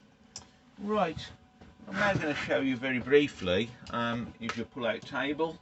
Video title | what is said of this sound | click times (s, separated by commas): 2 Interior | and they are there by the side of the toilet that just slides back in and locks into place | 0.4 s